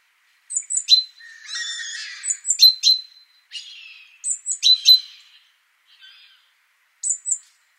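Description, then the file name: Great tit calls: high thin notes followed by harsh buzzy churring phrases, repeated several times with short pauses. "Parus major"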